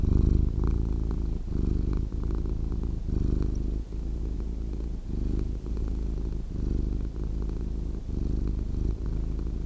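Purring cat, continuous low rumble pulsing with inhalations and exhalations, small gaps between cycles.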